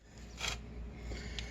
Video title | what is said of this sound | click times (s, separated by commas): 2016 Polaris Sportsman 570 Touring Axle Replacement Walk Thru | it just clicked right in there I just pushed on it | 1.4 s